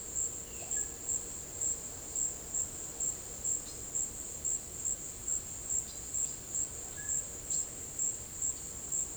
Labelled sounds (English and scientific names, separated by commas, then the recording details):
none
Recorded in secondary vegetation near Puerto Asís, Putumayo, Colombia, on 26 December 2024 at 17:00
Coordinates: 0.489, -76.322
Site G059